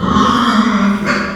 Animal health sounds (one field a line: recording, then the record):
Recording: squeal of a Yucatan mini pig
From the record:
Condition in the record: after surgery on the right vocal fold (resection and tissue-engineered implant)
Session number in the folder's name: 15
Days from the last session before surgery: 175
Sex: female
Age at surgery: 19 weeks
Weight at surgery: 25 kg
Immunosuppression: prednisolone